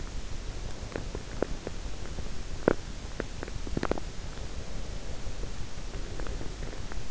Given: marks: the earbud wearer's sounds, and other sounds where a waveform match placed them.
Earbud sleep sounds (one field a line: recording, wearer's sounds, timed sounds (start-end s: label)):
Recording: sounds in sleep by an in-ear microphone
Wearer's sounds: breath, teeth grinding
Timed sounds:
0.81-2.69 s: breath
0.81-4.28 s: teeth grinding
3.73-7.11 s: breath